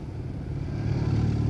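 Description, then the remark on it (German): Low, steady rumble of cars driving past, with a throaty engine drone that swells slightly louder toward the end, no voices over it. “Pass auf, die Autos”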